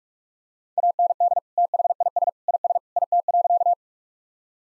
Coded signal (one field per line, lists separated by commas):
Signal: Morse code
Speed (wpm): 46 wpm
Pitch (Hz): 700 Hz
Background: none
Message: AND THIS IS IT.